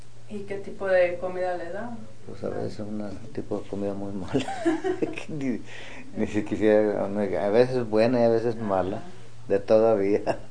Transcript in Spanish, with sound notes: Y, ¿qué tipo de comida le daban?
Pos a veces un tipo de comida muy mala. (risas) Ni si quisie… a veces buena y a veces mala, de todo había.